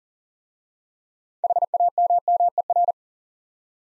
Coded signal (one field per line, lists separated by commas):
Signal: Morse code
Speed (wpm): 38 wpm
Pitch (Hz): 700 Hz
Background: none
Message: HAMMER